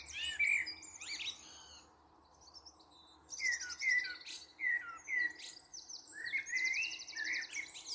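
Bird calls: a run of short down-slurred chirps, mixed with high buzzy rattles.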